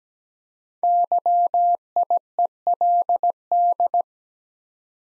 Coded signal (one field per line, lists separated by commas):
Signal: Morse code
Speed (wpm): 17 wpm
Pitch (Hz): 700 Hz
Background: none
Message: YIELD